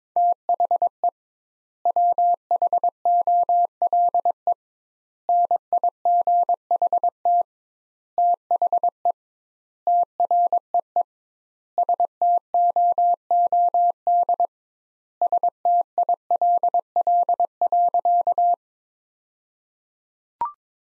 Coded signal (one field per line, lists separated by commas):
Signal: Morse code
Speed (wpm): 22 wpm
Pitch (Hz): 700 Hz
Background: none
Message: THE WHOLE NIGHT THE TREE STOOD STILL.